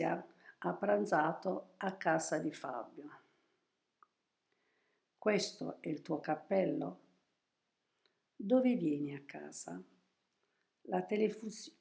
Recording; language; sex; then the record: read phrases; Italian; female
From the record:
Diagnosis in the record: healthy control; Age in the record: 72 years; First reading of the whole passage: 67 s, 7.5 characters per second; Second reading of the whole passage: 67 s, 7.5 characters per second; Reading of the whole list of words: 68 s, 4.2 characters per second